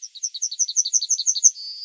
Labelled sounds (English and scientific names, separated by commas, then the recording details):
Yellowhammer (Emberiza citrinella) song
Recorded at under 5 m from the bird
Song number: 000